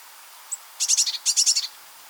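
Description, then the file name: Eurasian blue tit giving two short, buzzy, scolding churrs of rapid high notes, each about half a second long, with a faint single tick just before. "Cyanistes caeruleus"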